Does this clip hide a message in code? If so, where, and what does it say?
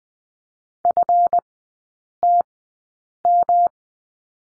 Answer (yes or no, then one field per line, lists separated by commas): yes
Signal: Morse code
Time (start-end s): 0.8-3.7 s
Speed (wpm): 20 wpm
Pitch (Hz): 700 Hz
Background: none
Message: FTM